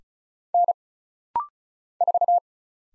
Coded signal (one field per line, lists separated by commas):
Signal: Morse code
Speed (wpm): 36 wpm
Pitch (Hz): 700 Hz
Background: none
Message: N 4